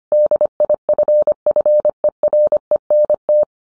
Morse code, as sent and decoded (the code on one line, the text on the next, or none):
-.. .. ..-. ..-. . .-. . -. -
DIFFERENT